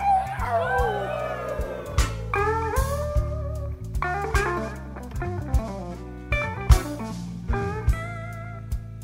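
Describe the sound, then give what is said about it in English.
A wavering, gliding howl-like cry, imitating an owl, rises and falls over a steady blues band with bass and rhythmic accents during a live concert in Berlin, followed by shorter sliding whoops. “And the owl begins to howl.”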